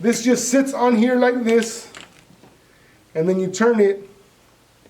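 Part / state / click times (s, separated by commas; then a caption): camera mounting plate into tripod head / not seated / none. A camera's mounting plate is set onto a tripod head and begins to be turned so it can lock in place, while someone talks. A faint, brief handling sound comes at about 2.2 seconds between the speech. Nothing has seated or clicked yet.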